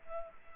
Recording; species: mosquito wingbeat signal from an infrared sensor; Culex pipiens